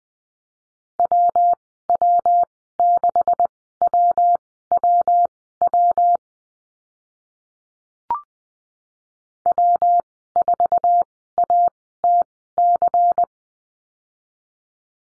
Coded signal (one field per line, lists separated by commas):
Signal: Morse code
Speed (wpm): 19 wpm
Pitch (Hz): 700 Hz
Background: none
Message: WW6WWW W4ATC